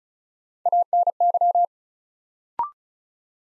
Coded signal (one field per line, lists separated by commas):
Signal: Morse code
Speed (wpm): 36 wpm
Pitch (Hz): 700 Hz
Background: none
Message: ANY